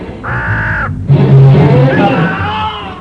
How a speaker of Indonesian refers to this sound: Awas, juragan! Burung jahat itu mau mematuk tuan!